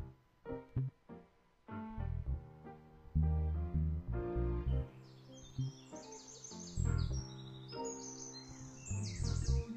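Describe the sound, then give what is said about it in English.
Birds sing and chirp in the morning in bright, high twittering phrases that grow busier in the second half, layered over a fuller, lower-pitched warbling. No one speaks. “Just listen to the birds.”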